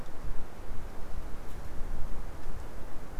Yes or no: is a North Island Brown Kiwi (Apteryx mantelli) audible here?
no